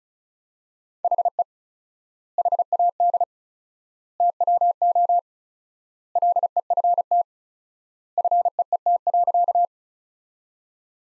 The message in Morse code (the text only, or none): HE HAD TWO LEFT FEET.